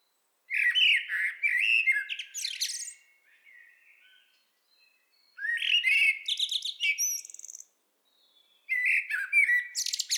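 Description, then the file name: Common blackbird singing three separate phrases, each a low fluted warble followed by a thin, scratchy high twitter, with quiet gaps between them. "Turdus merula"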